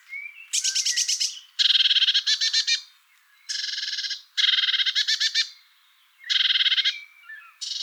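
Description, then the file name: Eurasian blue tit giving harsh, buzzy churring calls in rapid pulsed bursts of about half a second to a second, repeated with short pauses between. "Cyanistes caeruleus"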